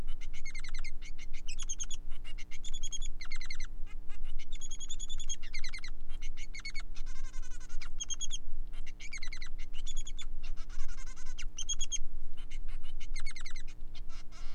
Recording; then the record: song of a male Bengalese finch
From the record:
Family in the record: son of father 3